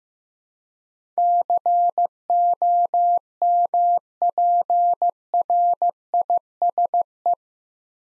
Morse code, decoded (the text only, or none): COMPRISE